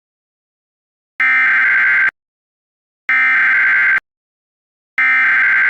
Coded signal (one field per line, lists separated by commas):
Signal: Emergency Alert System (SAME) tones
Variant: header bursts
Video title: EAS Scenario 15: Pac-Man VS Team Sonic